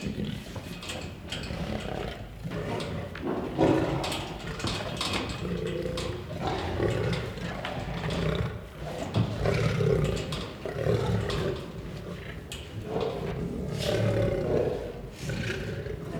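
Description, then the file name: Lion producing continuous low, throaty growling with uneven pulsing swells over the whole stretch, no sharp loud roar. Growling and roaring. "Het grommen en brullen van een leeuw - Beeld en Geluid"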